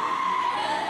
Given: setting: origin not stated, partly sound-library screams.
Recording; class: one-second piece from a danger detection set; woman in danger